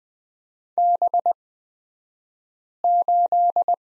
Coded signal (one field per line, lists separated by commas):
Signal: Morse code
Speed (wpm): 20 wpm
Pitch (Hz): 700 Hz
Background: none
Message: B8